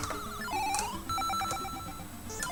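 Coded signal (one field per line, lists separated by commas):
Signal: none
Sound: video game sound effects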